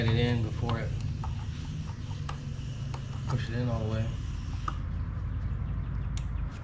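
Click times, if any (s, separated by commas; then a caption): 4.7 s, 6.2 s. During a tune-up on a 2014 Honda Accord, after the spark plugs are replaced, someone talks while a plastic wire harness connector is guided in and pushed onto an ignition coil. Sharp clicks at 4.7 s and 6.2 s mark the connector seating on the coil.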